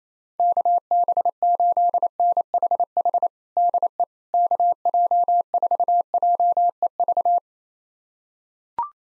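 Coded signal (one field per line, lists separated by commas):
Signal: Morse code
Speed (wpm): 28 wpm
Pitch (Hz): 700 Hz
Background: none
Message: KB8NHH DE KJ4JEV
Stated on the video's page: Morse call sign pair copying drill at 28 wpm, each pair sent, then spoken, then sent again.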